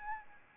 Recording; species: mosquito wingbeat signal from an infrared sensor; Anopheles arabiensis